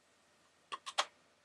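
A DCC decoder chip, lined up with its cut-out side facing the larger bonnet, is slid down into the decoder socket of a Heljan Class 07 V2 model locomotive and pushed home with gentle pressure. Two quick light ticks around 0.7 and 0.9 seconds lead into a sharper, louder tick at 1.0 seconds as the chip clicks into place and is seated.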